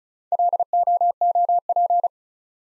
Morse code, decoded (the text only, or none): LOOP